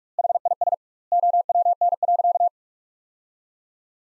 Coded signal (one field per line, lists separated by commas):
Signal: Morse code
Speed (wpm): 48 wpm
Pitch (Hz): 700 Hz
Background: none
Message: HIS OWN.